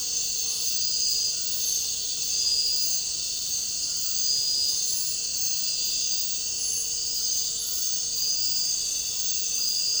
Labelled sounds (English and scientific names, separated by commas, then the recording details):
none
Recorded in dense forest near Puerto Asís, Putumayo, Colombia, on 9 March 2025 at 00:00
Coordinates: 0.467, -76.328
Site G041